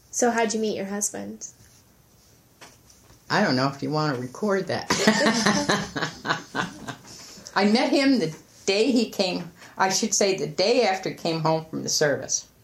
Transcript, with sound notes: So how did you meet your husband?
I don't know if you want to record that. [laughs] I met him the day he came, I should say the day after he came home from the service.